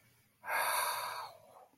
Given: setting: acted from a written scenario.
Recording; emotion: vocal sound without words; desire